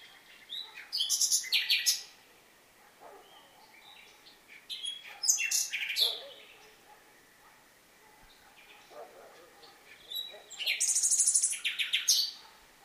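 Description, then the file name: Common nightingale song with varied chirped and whistled phrases, a rapid high trill near the end, and quiet gaps between bursts. "Luscinia megarhynchos"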